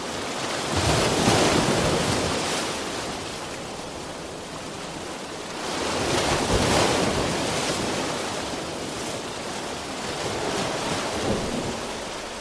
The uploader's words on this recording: Ocean Sounds White Noise.